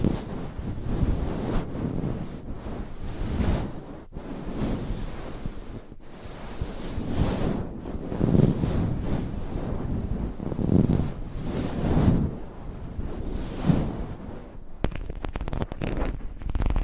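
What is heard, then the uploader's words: Mic scratching and brushing makes a dense, rough rushing sound that swells and fades unevenly, with brief dropouts near 4, 6 and 15 seconds. ASMR Mic Scratching - Brain Scratching & Brushing Hypnotic Asmr No Talking.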